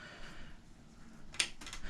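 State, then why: Seated. After the nitrogen is shut off, a part at the fill fitting or reservoir of an Aprilia Tuono/RSV4 Sachs motorcycle rear shock is pushed until it clicks home. Over a low, steady hiss, a faint tap at 1.3 s leads into one sharp metallic click at 1.4 s, followed by a softer rattle around 1.6 s. The part is seated with a positive click.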